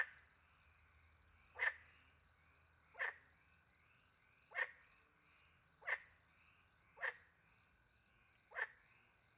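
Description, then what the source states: Frog croaks, six brief grating notes spaced about a second and a half apart, over an unbroken high chirring of crickets. Frogs with crickets at night in the countryside by a small pond, France; microphones hidden in a tree; two Usi pro microphones into a Mixpre 10 II recorder.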